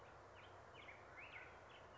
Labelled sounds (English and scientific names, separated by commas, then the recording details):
Black-headed Grosbeak (Pheucticus melanocephalus)
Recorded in Sonoma County, California